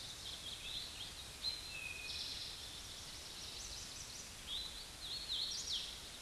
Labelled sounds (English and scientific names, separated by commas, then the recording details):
Eastern Towhee (Pipilo erythrophthalmus) song
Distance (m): 60 m
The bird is about level with the microphone
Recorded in a Pennsylvania forest on 16 May 2024 at 09:49
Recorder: AudioMoth, point MSD-2456
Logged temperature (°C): 16.4 °C
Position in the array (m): 177 m, 54 m